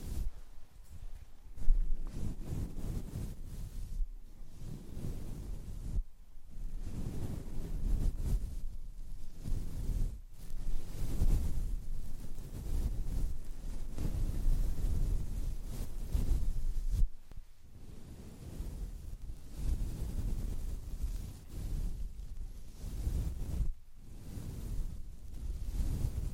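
A wind muff is rubbed and stroked hard against a microphone, making a dense, rough, rumbling rush that is heavy in the low end. The strokes come in repeated surges with short dips between them, roughly every two seconds, over twenty-six seconds.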